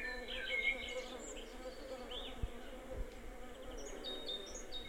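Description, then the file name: Bees humming steadily while birds chirp and whistle briefly above. Bees in a garden, with birds. "beesbirdsgarden"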